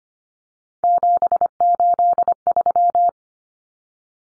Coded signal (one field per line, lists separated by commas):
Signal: Morse code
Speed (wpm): 25 wpm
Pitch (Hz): 700 Hz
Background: none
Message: 783